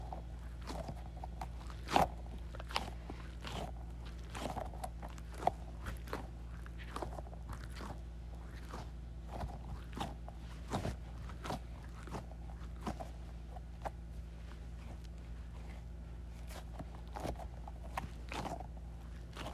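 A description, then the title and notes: A squishy goo ball is squeezed in quick, irregular squelches and clicks over a steady low hum, with a louder pop near two seconds. ASMR Squeezing a Squishy Goo Ball.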